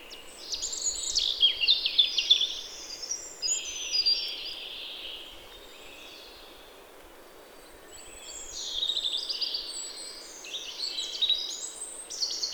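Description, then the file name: European robin giving high, liquid warbling phrases: a busy trilled burst, a quiet gap, then another cascade of thin whistles and trills. "Erithacus rubecula"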